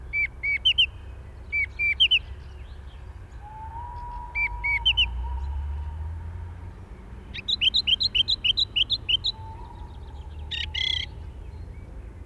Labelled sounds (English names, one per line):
Song Thrush song